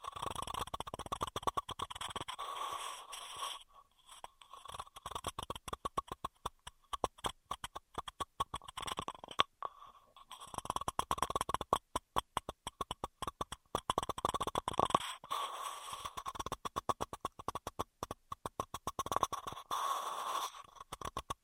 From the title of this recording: Intense Straw Triggers